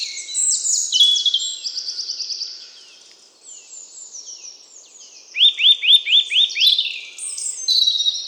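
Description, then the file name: Eurasian nuthatch calling a quick run of about six rising, whistled notes midway, while other birds chatter and twitter at higher pitch throughout. "Sitta europaea"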